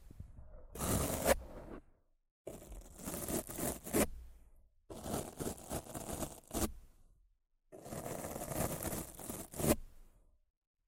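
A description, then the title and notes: Rough scratching and brushing against a microphone comes in four bursts of about two seconds each, separated by short silences. Each burst is close and harsh, with a full low rumble under bright, gritty scraping that swells and fades, ending in sharp strokes. ASMR Rough Mic Scratching & Brushing (No Talking).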